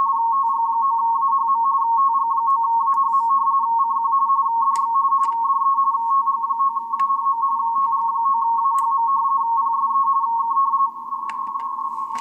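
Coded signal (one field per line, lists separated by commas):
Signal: RTTY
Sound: steady warbling two-tone chatter, rapidly alternating between two close pitches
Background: radio static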